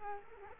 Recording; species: mosquito wingbeat signal from an infrared sensor; Culex quinquefasciatus